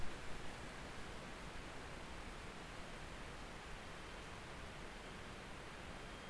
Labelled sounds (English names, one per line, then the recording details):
North Island Brown Kiwi male call
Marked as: faintness 4/5
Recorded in New Zealand on 19 October 2013
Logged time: 01:58
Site CR37